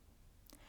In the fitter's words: You're going to do this for both eyes, and you might hear a little click letting you know that the washer is secure.